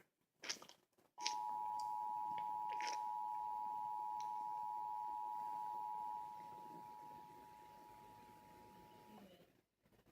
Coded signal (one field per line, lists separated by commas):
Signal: Emergency Alert System (SAME) tones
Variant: 853 and 960 Hz attention tone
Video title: The national weather service has issued a flash flood warning for sacramento county eas warning ksto